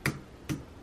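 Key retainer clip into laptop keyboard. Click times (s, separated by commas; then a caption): 0.1 s. The plastic retainer clip of a large key on an HP Pavilion 15 laptop keyboard is centered and pressed at the corners. It snaps into place with a sharp click at 0.1 s, followed by a second, softer click at 0.5 s. The clip is seated on the keyboard.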